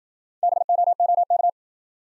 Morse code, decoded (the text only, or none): BOOK